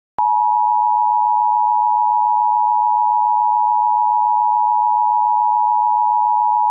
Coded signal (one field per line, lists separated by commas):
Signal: Emergency Alert System (SAME) tones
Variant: 853 and 960 Hz attention tone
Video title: EAS MOCK | Active shooter in Lancaster @LancasterCountyWX